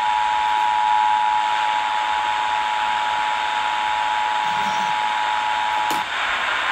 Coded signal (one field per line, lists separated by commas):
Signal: Emergency Alert System (SAME) tones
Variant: 853 and 960 Hz attention tone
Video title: I thought it was canceled...EAS Tests From September 9, 2020 (EAS #498-503)